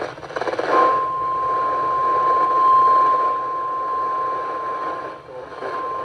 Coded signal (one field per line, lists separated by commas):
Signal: Emergency Alert System (SAME) tones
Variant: 1050 Hz attention tone